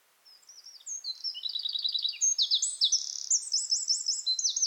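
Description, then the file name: Eurasian wren singing a fast, high, energetic strophe of piercing notes and dry rattling trills, still going when the sound cuts off. "Troglodytes troglodytes"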